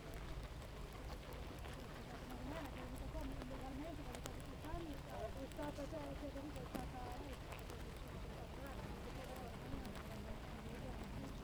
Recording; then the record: honeybee colony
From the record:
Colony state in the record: active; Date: 28 July 2017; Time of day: 7:35